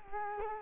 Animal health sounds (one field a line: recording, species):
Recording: mosquito wingbeat signal from an infrared sensor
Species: Culex quinquefasciatus